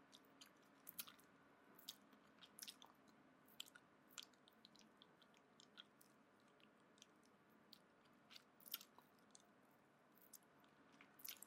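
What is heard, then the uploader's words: Wet licking and sucking on a lollipop, with short moist clicks and smacks arriving irregularly, several per second in bursts. Louder smacks stand out near two, four, nine and eleven seconds over a soft, steady low murmur underneath. 耳語+棒棒糖.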